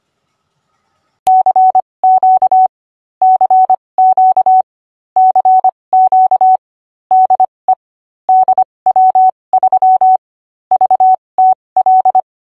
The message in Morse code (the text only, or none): CQ CQ CQ DE DW3VTL